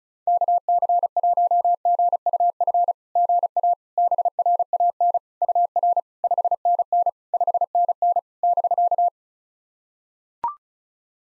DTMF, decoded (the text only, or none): none